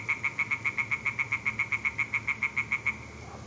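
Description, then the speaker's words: European tree frog calling, a fast run of sharp, even knocking notes continuing steadily for about three seconds and then stopping. Single calling frog heard in darkness in the evening near Tilburg, while the recordist searched for displaying woodcocks; clear, undisturbed repeated call. "Helmrich was 's avonds in de buurt van Tilburg op zoek naar baltsende houtsnippen toen hij in het donker op het geluid van een roepende boomkikker stuitte."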